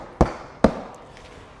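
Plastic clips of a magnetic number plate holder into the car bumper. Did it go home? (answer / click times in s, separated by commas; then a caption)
yes / 0.2 s, 0.6 s. Plastic clips of a magnetic number plate holder are pushed into place on a car bumper, giving two sharp snaps at 0.2 s and 0.6 s and then a faint softer tick near 1.2 s. The clips end up seated and all clipped in.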